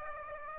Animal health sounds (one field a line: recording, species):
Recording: mosquito wingbeat signal from an infrared sensor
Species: Aedes aegypti